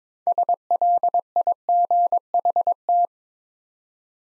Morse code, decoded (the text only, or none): SLIGHT